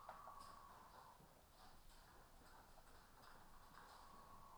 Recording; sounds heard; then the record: poultry house recording; healthy chickens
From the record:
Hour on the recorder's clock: 14